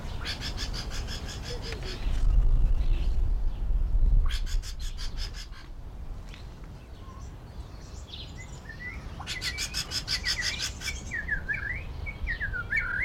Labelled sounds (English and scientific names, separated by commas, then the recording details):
White-rumped Shama (Copsychus malabaricus)
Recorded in captivity
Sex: male
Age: adult
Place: Zoo Berlin, Berlin, DE
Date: 1994-04-02 12:04
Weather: wolkig bis heiter, 8-10°C
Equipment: Marantz CP 430, Sennheiser ME 80, Kopie Uher Variocord 263
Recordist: Tembrock, Günter